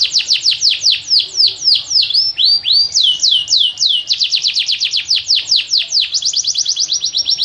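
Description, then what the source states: Canary song: a fast series of sharp downslurred high notes, shifting in pitch between phrases and ending in a rapid rolling trill. Master recording of canary song, used for training canaries.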